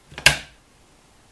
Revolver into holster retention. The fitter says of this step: click that retention click hear